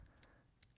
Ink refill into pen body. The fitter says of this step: kind of pops into place which again is really nice